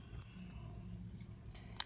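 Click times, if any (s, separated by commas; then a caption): none. Someone working one-handed tries to fit and turn a rotary blade cover onto the plastic and metal drive housing of a cutting-machine tool, with low rumbling handling noise and a few faint scrapes, followed by a short sharp tap near 1.8 s. Nothing has clicked or seated yet; the cover fails to click on, likely because it is being done one-handed.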